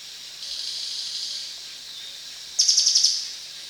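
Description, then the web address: Crested jay making a long hissing buzz, then a short dry rattle of several fast pulses, both high-pitched and harsh. Recorded at Danum on 1 January 2008. "DANUM 20080101. sound crested jay"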